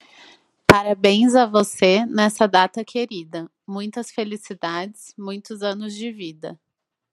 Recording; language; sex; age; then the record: short text; Brazilian Portuguese; female; 20 to 29 years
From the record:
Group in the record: control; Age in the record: 29 years